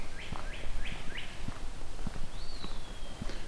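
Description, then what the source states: Northern Cardinal singing: a series of four slurred rising-then-falling whistles, followed by a long clear downslurred whistle, with low thumps and rustling underneath. A couple of northern cardinals.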